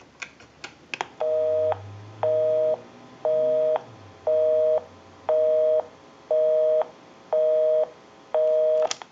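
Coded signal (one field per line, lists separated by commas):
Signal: telephone call progress tone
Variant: North America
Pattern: busy tone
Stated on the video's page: Call progress tone from a Western Electric 2500 desk telephone during initial checkout and repair.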